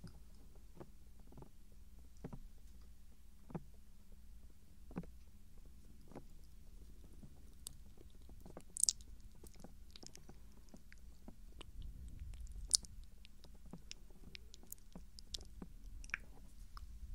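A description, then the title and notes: Soft clicks and wet mouth sounds pop up every second or so over a low, steady hum. The taps are brief and mostly quiet, with a sharper, louder click near nine seconds and another around thirteen, and activity grows busier toward the end. ASMR Tingles Overload SOFT Ear Touching & GENTLE Mouth Sounds For Sleep.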